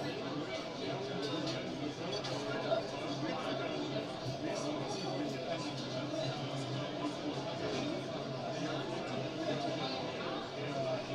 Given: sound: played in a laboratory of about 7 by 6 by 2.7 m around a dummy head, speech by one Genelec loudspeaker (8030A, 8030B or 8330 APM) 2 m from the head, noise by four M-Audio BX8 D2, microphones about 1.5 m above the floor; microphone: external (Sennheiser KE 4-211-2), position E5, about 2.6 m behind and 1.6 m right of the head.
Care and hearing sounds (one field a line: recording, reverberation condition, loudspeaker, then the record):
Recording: cafeteria noise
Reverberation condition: low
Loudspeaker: four, about 170 cm from the corners of the room and facing them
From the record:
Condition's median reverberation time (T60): about 310 ms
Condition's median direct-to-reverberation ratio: about 3.5 dB